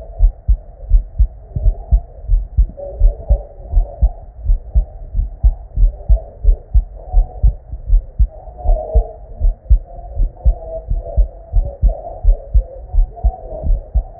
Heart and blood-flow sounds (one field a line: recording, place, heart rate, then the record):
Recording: heart sounds by stethoscope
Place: Erb's point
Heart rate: 91 bpm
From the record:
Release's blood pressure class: normal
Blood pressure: 118/64 mmHg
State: at rest